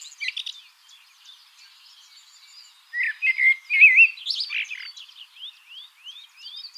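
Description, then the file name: Common blackbird song: a short twitter, a quiet gap, then low fluted warbling phrases followed by thin, rising high squeaks. "Turdus merula"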